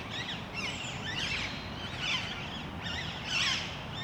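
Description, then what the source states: Parakeets screeching in overlapping harsh bursts, a flock calling repeatedly, set against a continuous low background hum. Recorded in Parc Duden, Forest, Brussels, Belgium, just before nightfall; Zoom MicTrak M4 internal XY microphones.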